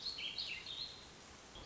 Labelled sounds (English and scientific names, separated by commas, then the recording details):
Warbling Vireo (Vireo gilvus)
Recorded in Sonoma County, California